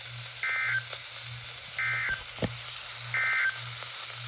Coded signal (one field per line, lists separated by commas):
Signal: Emergency Alert System (SAME) tones